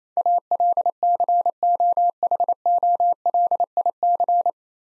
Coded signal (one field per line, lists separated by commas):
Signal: Morse code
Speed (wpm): 28 wpm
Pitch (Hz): 700 Hz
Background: none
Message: ALCOHOLIC